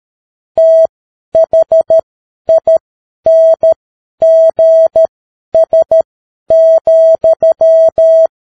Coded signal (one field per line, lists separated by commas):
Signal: Morse code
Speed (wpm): 13 wpm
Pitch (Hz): 650 Hz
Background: none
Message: THINGS,